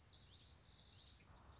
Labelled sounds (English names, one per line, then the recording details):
Common Yellowthroat
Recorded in Sonoma County, California